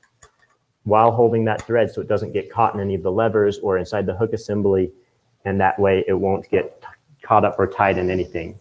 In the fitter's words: I don't pull the lever out so that way I can hear it click when I installed into our quilting machine so